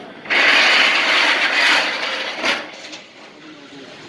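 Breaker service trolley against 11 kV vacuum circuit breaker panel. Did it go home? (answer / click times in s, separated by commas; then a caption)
no / none. A metal breaker service trolley is moved and positioned against an 11 kV vacuum circuit breaker panel made by PEL, starting with a broadband rolling, rubbing burst at 0.3 s that lasts to about 2.0 s, followed by a clank near 2.5 s and quieter handling after. The trolley is being brought into position so it can lock against the panel and keep the breaker from pushing it forward, but nothing has locked or clicked yet.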